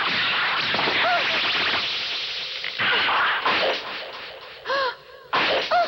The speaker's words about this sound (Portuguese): A flecha acertou nela, mas... por que eu?